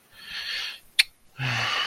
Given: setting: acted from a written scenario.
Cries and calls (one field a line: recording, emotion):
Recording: vocal sound without words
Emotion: sympathy